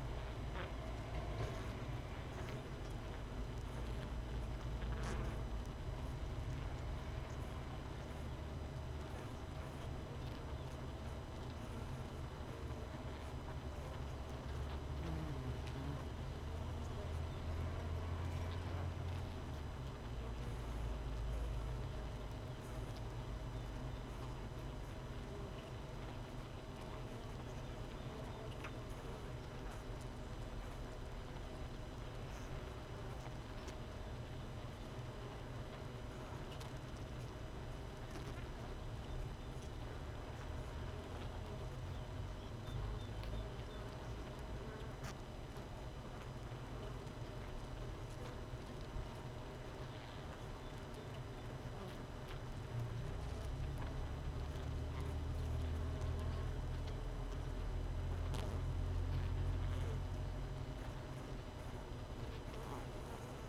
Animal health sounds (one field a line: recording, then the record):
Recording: honeybee colony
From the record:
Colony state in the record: missing queen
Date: 31 May 2018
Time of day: 6:27